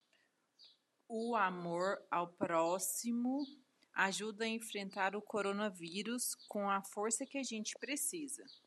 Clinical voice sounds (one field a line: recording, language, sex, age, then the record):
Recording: spoken sentence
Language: Brazilian Portuguese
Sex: female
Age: 30 to 39 years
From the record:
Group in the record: control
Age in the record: 37 years